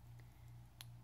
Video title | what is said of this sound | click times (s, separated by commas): Lost Files: Weekend Make-Up Bargain Hunting | on the bottle there's these really cute little clicks | 0.8 s